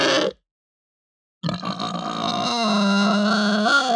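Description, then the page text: Pig squealing: a brief harsh burst, a second of silence, then a long, loud, strained squeal with a steady tone that wavers slightly near the end. Hampshire breed pig; long aggressive squeal. "Hampshire Pig Squeal Long Aggressive. Quick Sounds"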